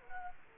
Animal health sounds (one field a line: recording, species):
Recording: mosquito wingbeat signal from an infrared sensor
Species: Culex quinquefasciatus